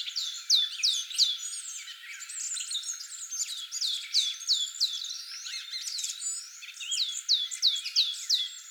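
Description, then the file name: Great tit calls, repeated strings of sharp downward-sweeping high notes amid a busy chorus of other chirping birds. "Parus major"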